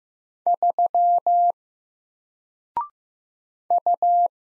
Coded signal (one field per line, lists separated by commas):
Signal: Morse code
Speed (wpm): 15 wpm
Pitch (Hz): 700 Hz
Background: none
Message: 3 U